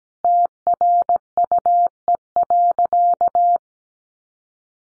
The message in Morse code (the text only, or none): TRUE.